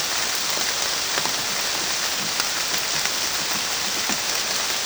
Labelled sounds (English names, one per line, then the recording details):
none
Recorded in dense forest near Puerto Asís, Putumayo, Colombia, on 19 June 2025 at 15:00
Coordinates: 0.484, -76.317
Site G045